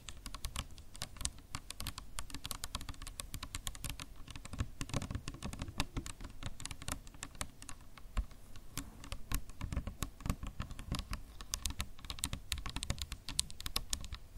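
Quick, irregular tapping runs without a break for the whole stretch, each tap a short, crisp click. The taps come densely, several per second, unevenly spaced like typing, over a low steady rumble underneath. No voices are heard.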